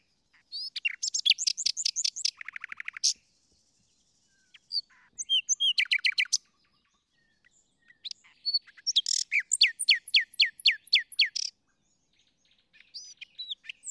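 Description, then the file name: Common nightingale song: rapid repeated phrases, fast clicking and chattering trills alternating with whistled notes, separated by short pauses; no other sounds. "Luscinia megarhynchos"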